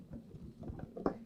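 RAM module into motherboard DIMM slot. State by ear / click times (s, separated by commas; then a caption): not seated / none. A RAM module is handled and pressed into a motherboard DIMM slot, making faint scattered taps and scrapes with a sharper, louder tap near 1.1 s. Nothing has seated or clicked yet; the module is not yet home in the slot.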